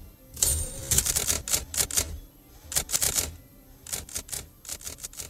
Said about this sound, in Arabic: وانتقلت الآلة للسطر التالي وبدأت تكتب ان انتقام امه هيبقى من الان حالا، وحطت نقطتين فوق بعض وسكتت